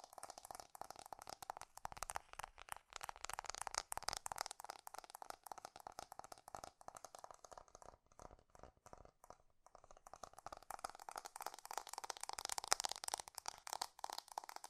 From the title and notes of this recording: ASMR 3D Fast Tapping.